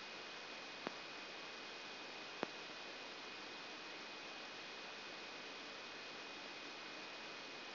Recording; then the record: brain microelectrode recording played as sound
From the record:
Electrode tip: outside the subthalamic nucleus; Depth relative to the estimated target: -6 mm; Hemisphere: left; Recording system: AlphaMap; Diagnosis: Parkinson's disease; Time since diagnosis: 11 years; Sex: male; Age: 56 years